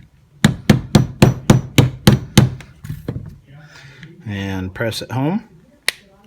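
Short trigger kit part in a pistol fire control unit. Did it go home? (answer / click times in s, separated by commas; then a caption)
yes / 5.9 s. A short trigger kit part is placed on top and pressed home into a pistol's fire control unit, after a rapid run of about eight sharp, ringing impacts between 0.4 and 2.4 seconds. Someone talks, and then a single sharp click comes at 5.9 s as the part locks in place, seated.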